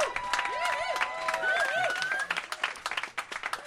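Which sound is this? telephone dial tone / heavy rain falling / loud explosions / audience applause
audience applause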